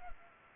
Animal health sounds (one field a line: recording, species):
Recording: mosquito wingbeat signal from an infrared sensor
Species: Culex pipiens